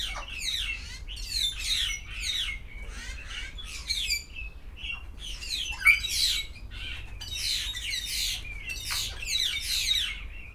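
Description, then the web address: Grey parrot calls: dense, continuous harsh squawking and chattering notes with brief whistled accents, barely pausing across the whole stretch. Captive at a zoo in Szeged, recorded 2011. "szegedizoo. jakopapagaj"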